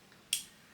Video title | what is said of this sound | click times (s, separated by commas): Leatherman Raptor Rescue vs Amazon Knockoff Showdown! | So it's locked into place, so it doesn't move. | 0.3 s